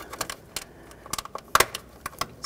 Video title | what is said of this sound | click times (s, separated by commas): How to Replace Fuel Injectors 2002-2009 Chevrolet Trailblazer (4.2L L6) | Squeeze that together. Listen for a click, give it a tug to make sure it's completely secure. Perfect. | 1.5 s